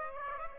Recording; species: mosquito wingbeat signal from an infrared sensor; Aedes aegypti